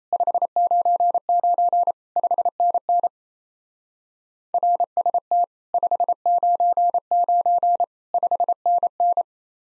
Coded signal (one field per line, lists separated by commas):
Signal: Morse code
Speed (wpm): 35 wpm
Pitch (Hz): 700 Hz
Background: none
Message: 599 5NN RST 599 5NN